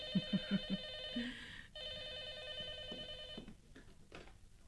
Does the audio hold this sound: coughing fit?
no